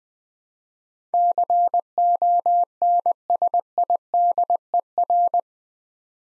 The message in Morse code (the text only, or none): CONSIDER